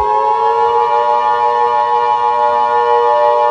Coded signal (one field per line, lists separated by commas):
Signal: Emergency Alert System (SAME) tones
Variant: 853 and 960 Hz attention tone